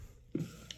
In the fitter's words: You'll hear a snap.